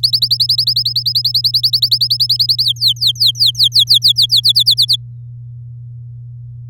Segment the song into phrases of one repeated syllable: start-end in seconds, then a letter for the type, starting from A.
0.03-2.64 A, 2.64-4.40 B, 4.43-4.96 C